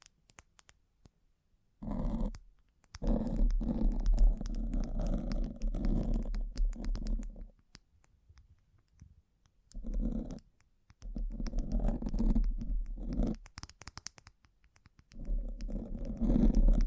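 Bling trigger sounds come in rustling, rumbling bursts, one long stretch from about 2 to 7 seconds, then shorter ones near 10, 11 to 13, and 15 to 17 seconds. Sharp little clicks and taps scatter through, including in the quiet gaps.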